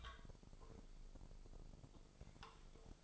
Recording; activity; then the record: daily activity, microphone in the room; take from stove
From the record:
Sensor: 5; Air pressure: 995.5 hPa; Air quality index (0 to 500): 101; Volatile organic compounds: 6 ppm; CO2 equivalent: 1933 ppm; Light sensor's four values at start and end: 35/83/35/37 and 34/75/33/35